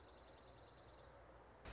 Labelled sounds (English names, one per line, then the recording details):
Dark-eyed Junco
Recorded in Sonoma County, California